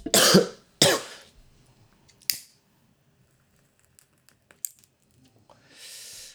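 Two strong, hoarse cough bursts from an adult come close together near the start, followed by a smaller throat-clearing sound. Quiet clicks and handling noises follow, then a soft steady hiss. An ordinary cough in a small indoor room.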